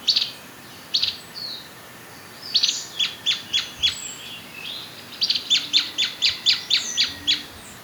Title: Myiothlypis Nigrocristata